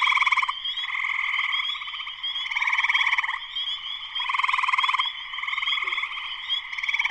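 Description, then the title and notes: Spring peepers calling together in a thick, high chorus, steady ringing with repeated louder swells of trilled peeps. Spring peepers in full chorus shortly after sunset, Sleeping Bear Dunes National Lakeshore, northern Michigan, USA; persistent, lush chorus. "Spring peepers (chorus frogs) in full chorus shortly after sunset in the Sleeping Bear Dunes National Lakeshore in northern Michigan, USA."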